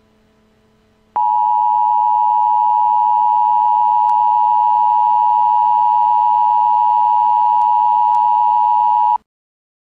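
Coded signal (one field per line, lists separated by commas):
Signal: Emergency Alert System (SAME) tones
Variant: 853 and 960 Hz attention tone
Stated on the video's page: Mock hurricane watch EAS alert, not real; synthesized announcer voice processed to resemble a real EAS announcer.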